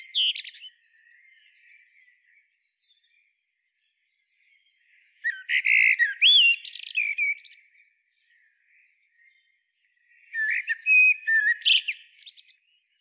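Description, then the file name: Common blackbird giving two full song phrases after the tail of an earlier one, each a few mellow whistled notes ending in a high, scratchy twitter, with long quiet pauses between. "Turdus merula"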